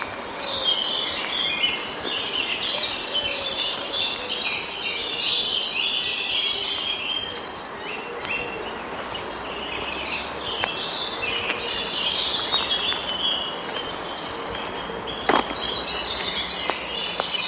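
A soundwalk at the Ludwigsteich near Roßdorf, with many birds chirping and singing almost without pause, their calls bright and busy throughout. A steady low hum runs underneath, and a few sharp clicks or knocks stand out, the loudest around fifteen seconds.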